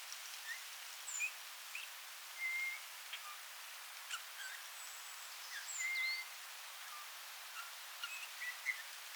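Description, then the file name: Eurasian bullfinch calls: two level, soft, fluted whistles a few seconds apart, with faint high chirps and clicks around them. "Pyrrhula pyrrhula"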